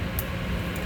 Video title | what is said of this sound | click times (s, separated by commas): Zamboni Will Not Start - Starter Replacement and Lessons Learned | a little click right there | 0.2 s